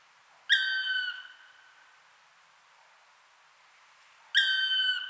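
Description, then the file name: Black woodpecker giving two drawn-out, plaintive ringing calls nearly four seconds apart, each slightly falling in pitch, the second cut off at the end. "Dryocopus martius"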